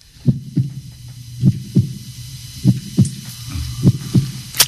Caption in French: Le premier son qu'on a tous entendu. C'est la première chose qu'on entend, les battements du cœur de sa mère.